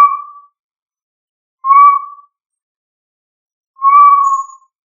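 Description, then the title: Tinamou steady pure whistles, three drawn-out level notes about two seconds apart in otherwise silent surroundings. "Familia Tinamidae - Quail - Puyuh"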